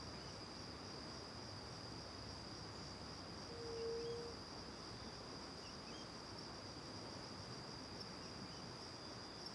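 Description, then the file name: Cricket chirping as a steady, high, even trill that runs without a break, with one short, low, hoot-like tone near the middle. Recorded in the morning, back to the river near the Angélica cave; crickets far at first, then near; AB stereo recording. "De costas para o rio perto da caverna angelica de manha, varios passaros, grilos longe e depois perto, gravacao em ab"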